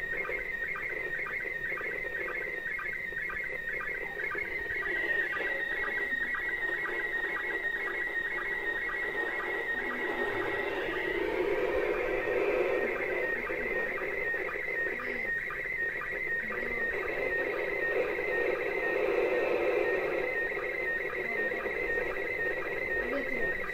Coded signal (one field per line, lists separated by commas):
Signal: SSTV (slow-scan television)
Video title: Women in space ISS SSTV